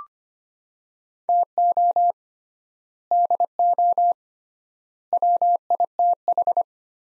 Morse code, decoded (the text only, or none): TO DO WITH